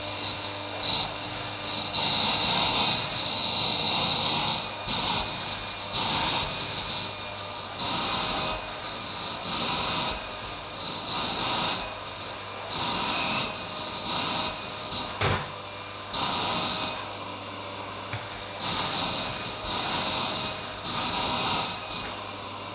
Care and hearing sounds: daily activity, microphone in the room; vacuum cleaning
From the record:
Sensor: 2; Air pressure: 990.9 hPa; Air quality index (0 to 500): 135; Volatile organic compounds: 177 ppm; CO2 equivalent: 4132 ppm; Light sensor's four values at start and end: 20/47/19/19 and 21/49/20/20

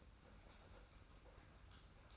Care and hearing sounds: daily activity, microphone in the room; typing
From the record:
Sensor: 2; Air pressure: 991.6 hPa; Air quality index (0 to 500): 193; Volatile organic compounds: 1000 ppm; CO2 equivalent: 6348 ppm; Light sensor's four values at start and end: 27/84/33/31 and 27/84/33/31

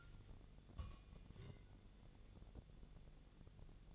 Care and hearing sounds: daily activity, microphone in the room; take from stove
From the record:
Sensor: 4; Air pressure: 1000.8 hPa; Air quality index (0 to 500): 126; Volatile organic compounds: 1 ppm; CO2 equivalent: 949 ppm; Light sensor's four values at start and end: 38/92/39/42 and 38/93/39/43

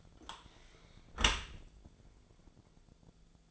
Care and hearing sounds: daily activity, microphone in the room; close dishwasher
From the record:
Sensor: 5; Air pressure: 1000.6 hPa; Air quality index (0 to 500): 153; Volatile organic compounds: 2 ppm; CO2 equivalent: 1177 ppm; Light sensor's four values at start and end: 44/100/43/46 and 44/100/43/46

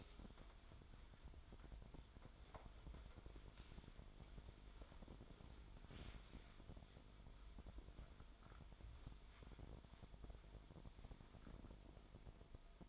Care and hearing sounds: daily activity, microphone in the room; wipe stove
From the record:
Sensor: 5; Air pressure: 1003.4 hPa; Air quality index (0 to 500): 142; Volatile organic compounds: 2 ppm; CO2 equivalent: 1032 ppm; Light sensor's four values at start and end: 31/69/31/36 and 32/73/32/37

